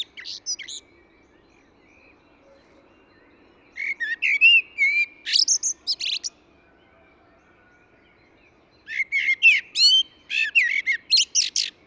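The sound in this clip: Eurasian blackbird singing several phrases several seconds apart, mixing mellow whistles with shrill, scratchy twittering; quiet gaps between.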